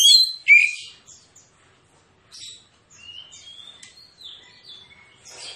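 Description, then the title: Oriental magpie-robin song: two sharp whistled phrases at the start, then quieter drawn-out whistles and soft scattered notes. Kacer with aggressive fighting song full of 'tembakan' bursts; titled as therapy for reluctant singers. "Kacer Langsung Tarung Konslet KACER NGOTOT FULL TEMBAKAN. Kicau Kacer santaiterapi Kacer males bunyi"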